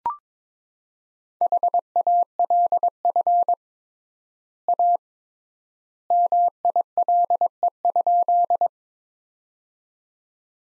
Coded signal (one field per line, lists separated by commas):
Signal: Morse code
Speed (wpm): 22 wpm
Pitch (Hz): 700 Hz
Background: none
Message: HALF A MILE?